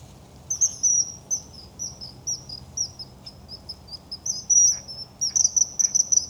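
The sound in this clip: Common kingfisher calls: sharp, piercing high whistles in uneven series, some drawn out slightly, quickening into a rapid run near the end.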